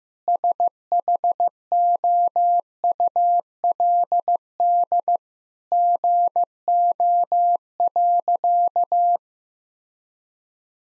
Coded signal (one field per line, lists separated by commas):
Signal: Morse code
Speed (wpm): 15 wpm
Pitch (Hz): 700 Hz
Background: none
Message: SHOULD GO.